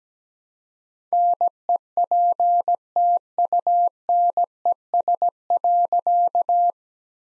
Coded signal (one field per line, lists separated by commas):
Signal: Morse code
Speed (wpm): 17 wpm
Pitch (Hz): 700 Hz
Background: none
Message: NEPTUNES.